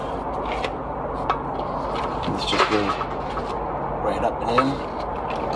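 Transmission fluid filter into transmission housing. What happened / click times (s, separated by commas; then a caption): The filter is being handled and pushed toward its housing but has not clicked home yet / none. Someone talks while a lubricated DCT transmission fluid filter for a C8 Corvette (Stingray, Z51, Z06, E-Ray, ZR1) is pushed up into its transmission housing, over a steady low hum with a brief knock at 1.3 s. The filter has not clicked or seated in the housing yet.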